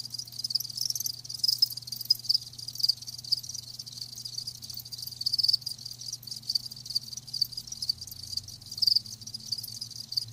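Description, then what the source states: Crickets producing a soft, continuous high shimmer with occasional brighter chirps, fairly quiet over a low hum. Live crickets chirping, a lulling song.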